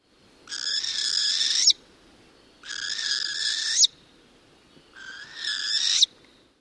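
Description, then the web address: Northern hawk owl giving harsh, raspy screeching calls, each just over one second long and ending abruptly, repeated three times at roughly two-second intervals. "Thumbs Plus Zoo Field Guide Repository Sounds"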